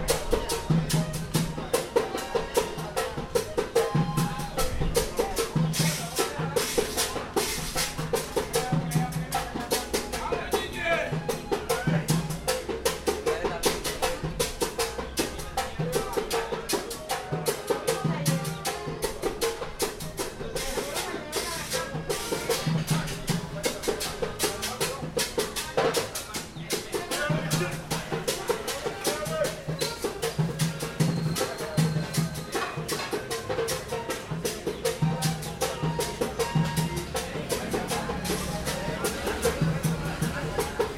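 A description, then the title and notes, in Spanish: A vallenato group plays near a neighborhood entrance, with a steady, dense sound throughout and a pulsing low beat recurring every second or so. Crisp, fast percussion ticks run continuously over the mix, with voices mingled in, heard outdoors. Grupo vallenato que se encontraba cerca a la entrada del barrio Las Flores.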